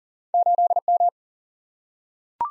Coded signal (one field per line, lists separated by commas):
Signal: Morse code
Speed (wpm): 38 wpm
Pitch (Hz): 700 Hz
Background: none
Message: 8M